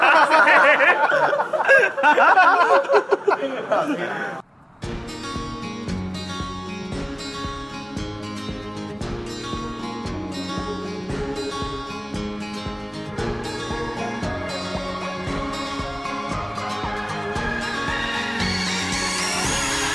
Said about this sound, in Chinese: 好，又休息一陣，又播翻首24秒嘅先。